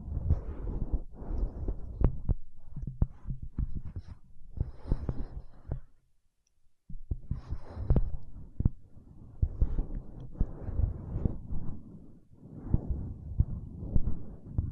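Paraffin wax being peeled, tapped and scratched, heard as dense runs of dull, low crackling and scraping with sharp clicks scattered throughout. The activity comes in bursts, with a near-silent pause around six to seven seconds before the rough scratching resumes.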